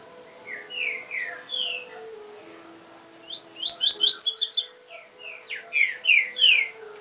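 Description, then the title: Double-collared seedeater song: slurred downward whistles, then a fast burst of high notes, then more slurred whistles, over a steady low hum. "Canto Coleiro"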